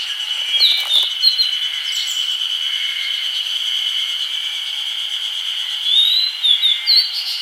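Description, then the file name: Grey bunting calls, short thin notes at the start and a longer run of sliding high notes toward the end, over a steady insect drone. "Emberiza variabilis"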